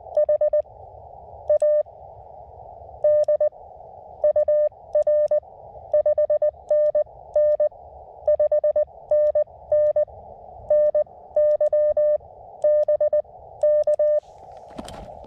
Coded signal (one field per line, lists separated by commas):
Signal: Morse code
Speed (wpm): 20 wpm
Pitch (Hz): 590 Hz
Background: none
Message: HAD UR 5NN 5NN NY BK